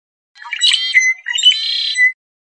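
Red-winged blackbird giving a single raspy phrase: scratchy introductory notes, then a drawn-out buzzing trill ending in a sharp high note.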